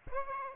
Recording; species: mosquito wingbeat signal from an infrared sensor; Aedes aegypti